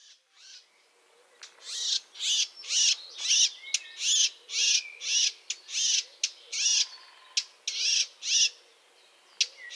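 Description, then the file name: Eurasian blackcap giving harsh, rasping notes about twice a second, irregularly spaced, with a few thin whistled slurs and short ticks between them. "Sylvia atricapilla"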